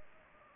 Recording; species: mosquito wingbeat signal from an infrared sensor; Anopheles gambiae